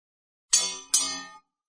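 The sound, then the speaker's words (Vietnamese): A light, bright chime rings twice in quick succession as a white bird pecks the surface of a lake with its beak, each high metallic ding shimmering briefly before fading, with nothing else around it. “Hàn Lập nghe được một tiếng leng keng nhẹ vang lên.”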